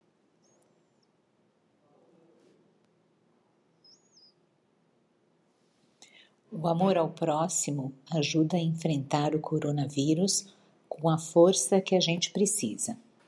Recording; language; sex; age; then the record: spoken sentence; Brazilian Portuguese; female; 50 to 59 years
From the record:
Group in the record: control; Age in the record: 57 years